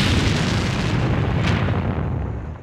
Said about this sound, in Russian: Какой великолепный взрыв! За глухим ударом в недрах сейфа послышался треск и скрежет. Одна из стен огромного сейфа рухнула, и оттуда рекой хлынули деньги, сопровождаемые клубами дыма.